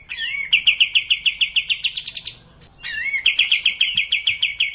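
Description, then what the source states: Cililin song: quick repeated notes ending in a buzzy flourish, a short pause, then a slurred whistle and the rapid note series again. Kapas tembak song style.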